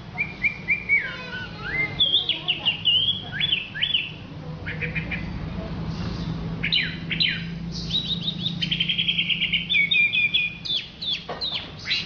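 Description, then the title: Orange-headed thrush singing varied whistled phrases: steady tones, rising and falling slurs and quick repeated trill notes, continuing with little pause. "Anis Merah"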